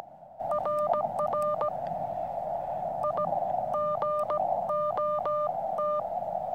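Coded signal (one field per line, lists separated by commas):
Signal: Morse code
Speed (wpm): 17 wpm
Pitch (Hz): 600 Hz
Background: none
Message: RR I GOT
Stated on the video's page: Small portable Morse radio used for camp radio on the 80 meter band.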